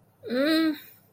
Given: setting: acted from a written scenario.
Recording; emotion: vocal sound without words; embarrassment